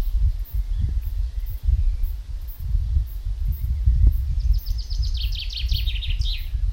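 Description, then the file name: Common chaffinch delivering a single quick, downward-tumbling song phrase near the end, after several seconds of only low rumbling background noise. "Fringilla coelebs"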